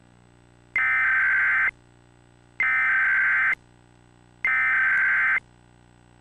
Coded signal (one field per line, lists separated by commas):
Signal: Emergency Alert System (SAME) tones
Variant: header bursts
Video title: An EAS Scenario - Lost in Silence [REUPLOAD]